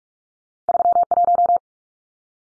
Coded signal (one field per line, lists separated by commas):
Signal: Morse code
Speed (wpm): 44 wpm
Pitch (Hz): 700 Hz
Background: none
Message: 31